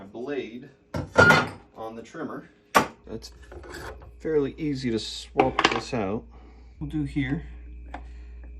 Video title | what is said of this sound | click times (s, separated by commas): The Homestead is More Dangerous for a New Driver Than I Realized | clicks in there and this is a reverse thread | 7.9 s